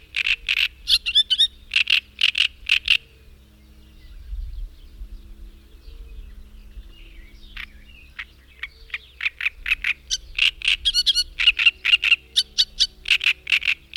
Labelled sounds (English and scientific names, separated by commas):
Great Reed Warbler (Acrocephalus arundinaceus) song